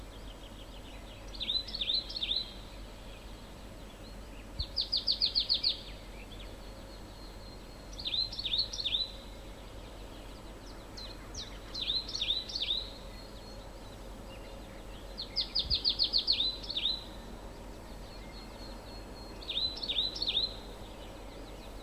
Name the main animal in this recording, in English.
Marsh Tit